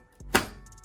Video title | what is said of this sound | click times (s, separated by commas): $1200 PC Build Guide- Ryzen 7 3700x GTX 1660Ti | All right, and now we should hear a click. | 0.4 s